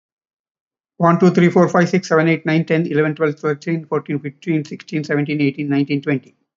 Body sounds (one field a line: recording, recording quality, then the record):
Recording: counting at a fast pace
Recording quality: excellent, no background noise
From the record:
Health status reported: healthy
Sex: male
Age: 64 years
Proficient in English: yes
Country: India